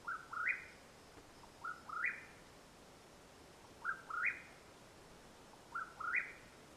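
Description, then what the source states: Mexican whip-poor-will calling four times, each a short note and then a rising burry whistle. Call at nightfall in Madera Canyon, Arizona, USA, 21 April 2022.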